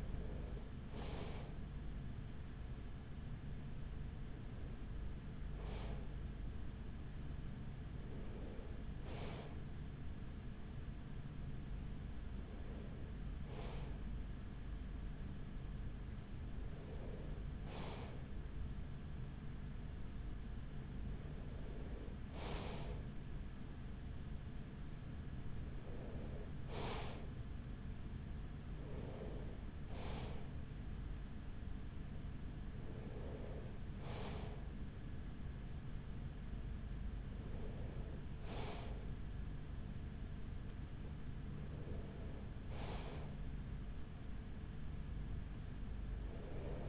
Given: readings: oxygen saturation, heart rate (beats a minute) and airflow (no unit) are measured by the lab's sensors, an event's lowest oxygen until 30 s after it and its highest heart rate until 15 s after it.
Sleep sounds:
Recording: breathing in sleep by a smartphone at the bedside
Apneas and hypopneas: none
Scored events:
24.00-46.89 s: new sleep stage, N3 (deep sleep)
From the record:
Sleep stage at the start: N2 (light sleep)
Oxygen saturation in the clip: 94%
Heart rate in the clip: 41 to 45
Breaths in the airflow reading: 11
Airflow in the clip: -7.1 to 5.7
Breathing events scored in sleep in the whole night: 207 in 7.6 hours asleep

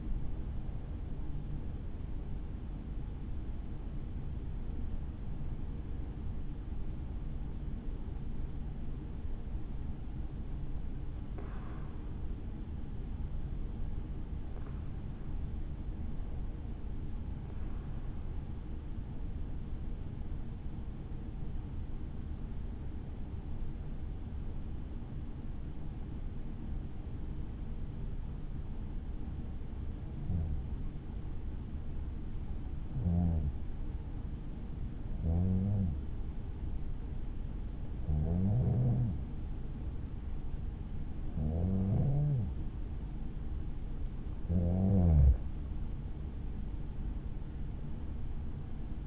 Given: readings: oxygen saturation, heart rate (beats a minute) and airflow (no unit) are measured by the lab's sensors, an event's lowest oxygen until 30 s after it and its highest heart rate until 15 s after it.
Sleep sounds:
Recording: breathing in sleep by a smartphone at the bedside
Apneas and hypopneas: 1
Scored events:
20.00-45.00 s: hypopnea (N1, oxygen 96% highest, then 92% lowest, heart rate 55 at the start, 67 highest)
From the record:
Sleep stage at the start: N1 (lightest sleep)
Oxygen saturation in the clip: 91 to 96%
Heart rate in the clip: 53 to 68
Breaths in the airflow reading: 15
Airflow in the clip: -6.3 to 6.5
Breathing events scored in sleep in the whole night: 216 in 7.0 hours asleep

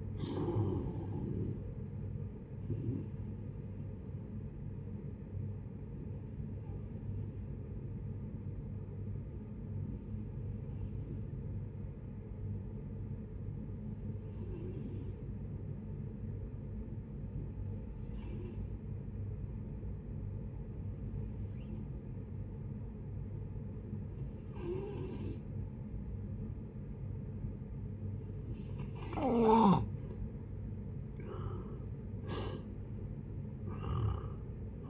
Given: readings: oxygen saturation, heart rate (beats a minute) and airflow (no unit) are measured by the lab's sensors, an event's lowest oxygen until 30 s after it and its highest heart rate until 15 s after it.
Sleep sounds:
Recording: breathing in sleep by a smartphone at the bedside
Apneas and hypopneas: 1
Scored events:
7.00-29.60 s: hypopnea (N2, oxygen 94% highest, then 83% lowest, heart rate 61 at the start, 75 highest)
From the record:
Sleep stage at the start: N2 (light sleep)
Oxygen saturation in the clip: 87 to 94%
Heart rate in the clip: 56 to 72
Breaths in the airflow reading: 10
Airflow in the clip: -9.7 to 8.9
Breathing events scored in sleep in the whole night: 496 in 5.4 hours asleep

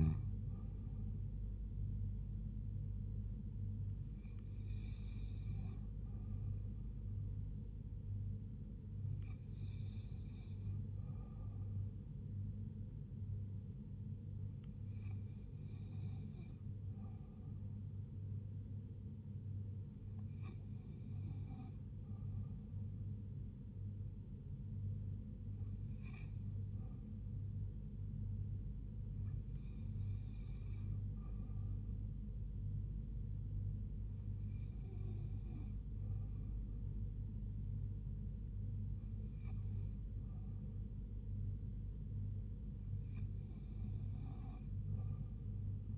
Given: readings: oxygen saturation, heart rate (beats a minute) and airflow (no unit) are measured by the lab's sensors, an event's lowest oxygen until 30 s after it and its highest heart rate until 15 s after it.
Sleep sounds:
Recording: breathing in sleep by a smartphone at the bedside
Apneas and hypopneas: none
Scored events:
none scored
From the record:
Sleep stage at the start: N2 (light sleep)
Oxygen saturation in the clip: 87 to 88%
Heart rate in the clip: 71 to 80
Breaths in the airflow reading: 11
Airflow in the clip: -3.3 to 2.4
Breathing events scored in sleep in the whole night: 158 in 7.3 hours asleep

